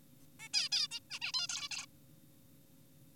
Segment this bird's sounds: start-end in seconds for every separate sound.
0.40-0.49, 0.54-0.69, 0.72-0.88, 0.91-1.00, 1.10-1.19, 1.22-1.32, 1.34-1.47, 1.49-1.69, 1.71-1.86